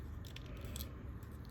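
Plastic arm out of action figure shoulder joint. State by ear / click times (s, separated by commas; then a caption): released / 0.4 s, 0.8 s. A plastic arm is gently popped out of an action figure's shoulder joint to swap parts. Sharp snaps sound at 0.4 s and 0.8 s over a low background hum, with faint scraping and crackling around them. The arm comes free of the joint.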